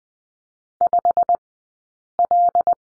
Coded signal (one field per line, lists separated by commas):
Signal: Morse code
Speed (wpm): 20 wpm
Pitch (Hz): 700 Hz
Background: none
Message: 5L